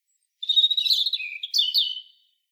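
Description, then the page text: European robin song phrase: a sustained high thin note falling into quick tinkling warbles and a brief final flourish. "European Robin. KÜRE Encyclopedia"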